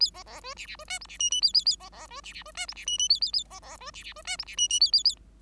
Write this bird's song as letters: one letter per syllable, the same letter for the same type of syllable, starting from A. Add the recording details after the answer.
A B B C D D C E F D G G A A A B B C D D C E F D G G A A A B B C D D C E F D G G A A A. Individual Bird5